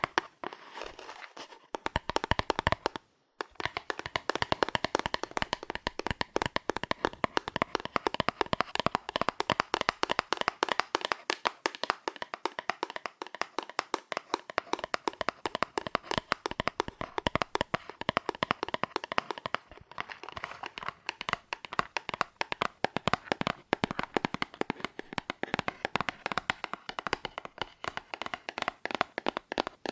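Fast, aggressive tapping on cardboard, sharp dry hits in dense rapid bursts, nearly continuous for thirty seconds with a brief pause near three seconds.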